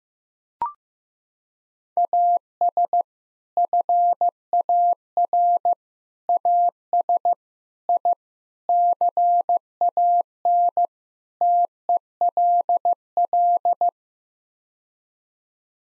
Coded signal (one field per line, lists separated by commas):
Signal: Morse code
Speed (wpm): 15 wpm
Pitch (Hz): 700 Hz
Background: none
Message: AS FAR AS I CAN TELL